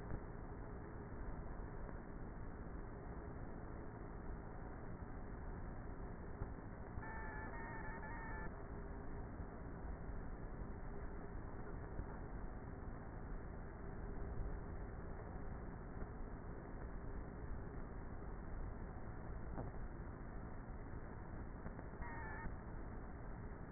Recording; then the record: honeybee colony, microphone inside the hive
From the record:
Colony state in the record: queenless with a low population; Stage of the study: before two queens were removed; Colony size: about 30,000 bees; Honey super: no